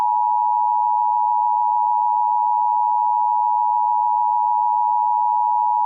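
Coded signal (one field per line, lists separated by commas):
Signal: Emergency Alert System (SAME) tones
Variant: 853 and 960 Hz attention tone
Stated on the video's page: Mock child abduction emergency EAS alert.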